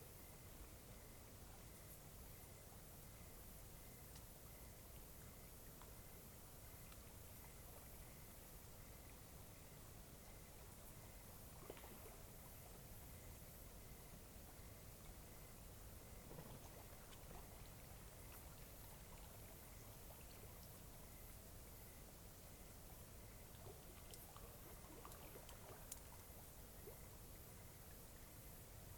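A cloudy night beside Taylor Lake, filled with a steady, even hiss like running water or light rain. A faint, thin high tone hangs throughout, and a few soft ticks and small knocks surface now and then, around twelve and seventeen seconds.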